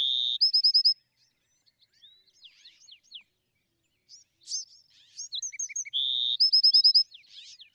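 Bewick's wren song opening with a loud buzz followed by a quick run of ringing notes, soft high chips in the gap, then the same buzzy phrase returning near the end.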